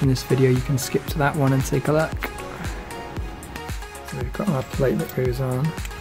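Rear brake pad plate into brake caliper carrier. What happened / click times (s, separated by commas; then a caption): The plate is being handled and has not yet clicked into place / none. A new rear brake pad plate for a Fiat Barchetta, an Italian classic car, is handled and pressed toward the rear brake caliper carrier, where it is meant to simply clip in and hold magnetically. Someone talks over music, with two brief sharp sounds near 3.2 s and 3.6 s. The clip ends before the plate goes home, so nothing has seated or clicked yet.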